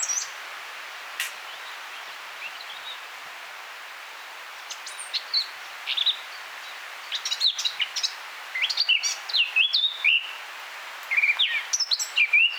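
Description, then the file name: Eurasian blackcap giving scattered high notes that build into rapid, jumbled twittering phrases during the second half, over a steady background hiss. "Sylvia atricapilla"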